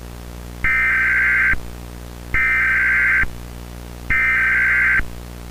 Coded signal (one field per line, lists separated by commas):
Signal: Emergency Alert System (SAME) tones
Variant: header bursts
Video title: EAS Broadcast Hijacking (2004?)